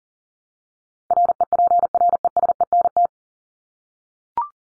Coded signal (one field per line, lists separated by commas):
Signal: Morse code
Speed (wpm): 40 wpm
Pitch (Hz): 700 Hz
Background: none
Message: REPRESENT